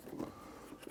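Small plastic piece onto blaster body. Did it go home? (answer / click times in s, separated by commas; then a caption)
no / none. A small plastic piece is handled against the body of a Nerf Mega Mastodon toy blaster as it is brought into place to clip on, with soft low handling rustle and no sharp transients. Nothing has seated or clicked yet; the clip ends just before the piece goes home.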